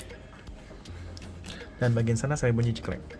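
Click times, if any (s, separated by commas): 1.2 s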